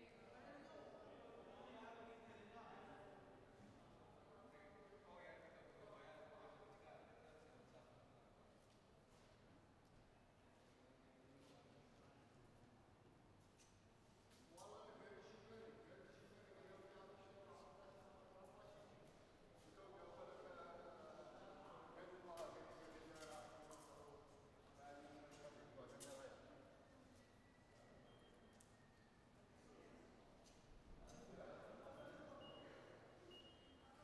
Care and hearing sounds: everyday scene through a hearing-aid microphone; reverberant space; background noise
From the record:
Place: railway station hall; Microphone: behind the ear, right, front

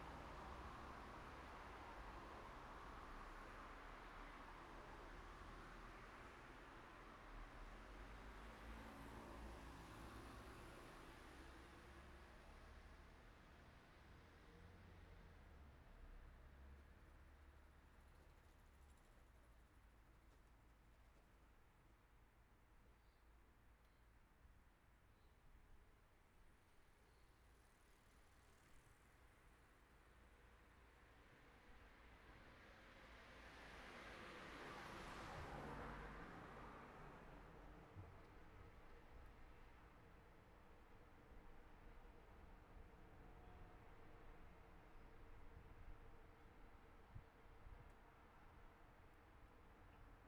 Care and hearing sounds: everyday scene through a hearing-aid microphone; in traffic; traffic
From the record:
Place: city secondary road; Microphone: behind the ear, right, rear

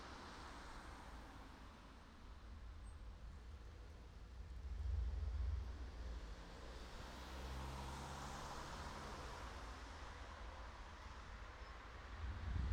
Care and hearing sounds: everyday scene through a hearing-aid microphone; in traffic; traffic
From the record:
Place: city secondary road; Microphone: in the ear canal, right

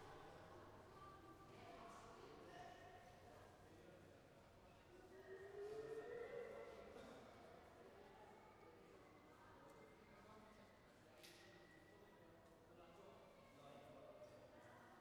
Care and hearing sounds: everyday scene through a hearing-aid microphone; reverberant space; background noise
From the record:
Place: railway station hall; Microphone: behind the ear, left, front

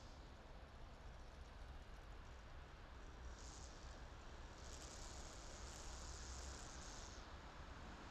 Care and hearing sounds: everyday scene through a hearing-aid microphone; in traffic; traffic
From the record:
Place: main city hub, rush hour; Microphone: in the ear canal, left

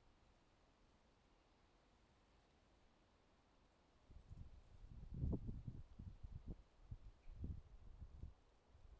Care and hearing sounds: everyday scene through a hearing-aid microphone; wind on the microphone; wind, traffic, birds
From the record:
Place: suburban garden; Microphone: in the ear canal, left

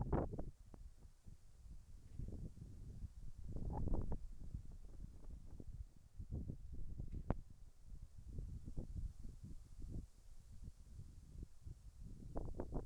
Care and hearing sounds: everyday scene through a hearing-aid microphone; wind on the microphone; wind, whistling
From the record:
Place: in front of a rural house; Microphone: behind the ear, right, rear

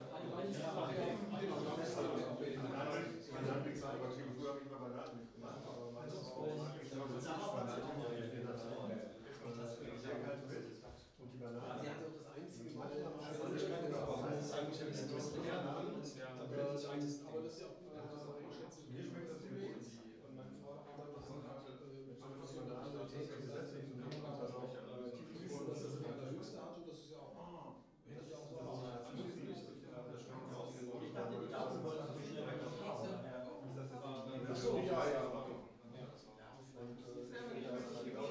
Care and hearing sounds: everyday scene through a hearing-aid microphone; many people talking; many voices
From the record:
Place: bistro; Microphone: in the ear canal, right

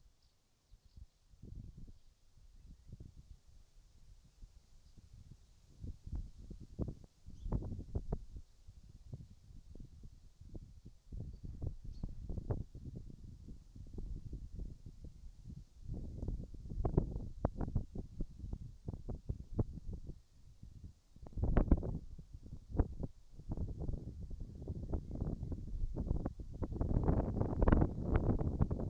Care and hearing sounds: everyday scene through a hearing-aid microphone; wind on the microphone; wind, birds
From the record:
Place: in front of a rural house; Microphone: in the ear canal, right

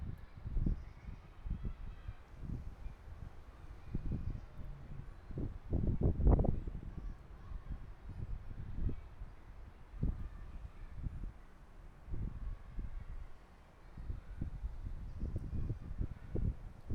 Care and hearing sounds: everyday scene through a hearing-aid microphone; wind on the microphone; gentle breeze, voices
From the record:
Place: parking lot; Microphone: behind the ear, right, rear

